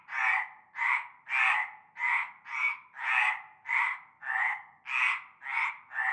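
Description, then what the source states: Frogs croaking in chorus, rough rattling calls repeated quickly, close to two croaks per second. Chorus of frogs at nightfall in a large concrete basin with stagnant greenish water, Avenue Cante Coucou, Groupède, La Ciotat, Bouches-du-Rhône, France.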